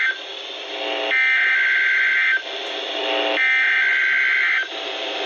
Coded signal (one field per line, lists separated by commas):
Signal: Emergency Alert System (SAME) tones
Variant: header bursts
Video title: (ARCHIVED) EAS 97